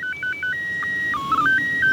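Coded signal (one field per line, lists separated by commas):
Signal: SSTV (slow-scan television)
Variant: PD 120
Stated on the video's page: Live ISS SSTV pass on the 2 m downlink received with a handheld radio and a tri-band antenna.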